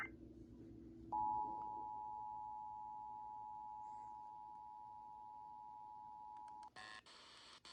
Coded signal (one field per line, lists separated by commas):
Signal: Emergency Alert System (SAME) tones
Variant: 853 and 960 Hz attention tone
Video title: EAS #159/170 - Minnesota Required Monthly Test (Dec 6, 2023)